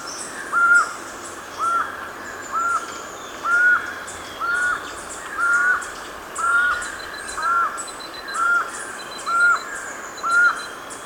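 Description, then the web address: Black-mandibled toucan yelping steadily, about eleven arched, slightly croaking notes spaced roughly one second apart. Ecuador. "Natures Songs S America Birds of Ecuador. Black-Mandibled Toucan"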